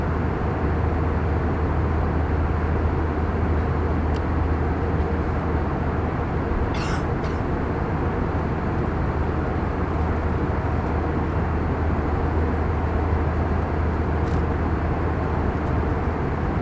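Inside a plane in flight, a steady, dense engine roar fills the cabin, heaviest in a deep low hum that never lets up. Around seven seconds a brief brighter rattle or click cuts through, with a few faint ticks elsewhere.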